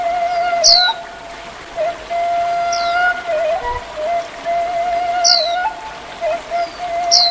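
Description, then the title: Oriental magpie-robin giving sparse, high descending chirps every two to three seconds, with a continuous droning tone running beneath them. "Kicau Kacer"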